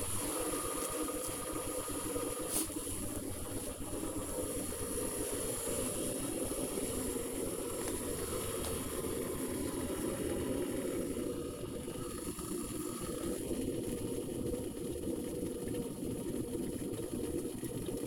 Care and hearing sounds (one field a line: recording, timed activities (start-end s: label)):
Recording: household activities, microphone on the right wrist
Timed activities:
0.00-18.07 s: making tea